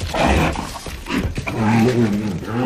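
A polar bear in Greenland roars in a deep, rough, rumbling growl that swells and fades several times over a few seconds, ending in a lower, drawn-out groaning moan.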